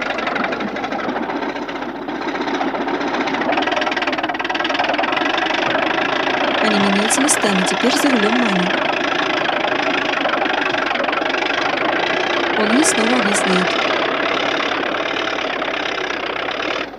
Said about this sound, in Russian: Трактор крутится по кругу на одном месте. Рядом дома деревни, вокруг заснеженное поле.